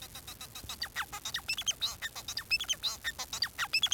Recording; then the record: song of a male Bengalese finch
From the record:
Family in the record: son of father 4